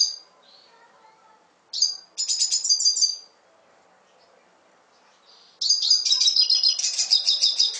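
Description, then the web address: Red siskin song: bright, high twittering phrases with rapid buzzy trills, a short phrase at the start, a burst near two seconds and a longer run after a pause. "cardenalito Canto del Cardenalito"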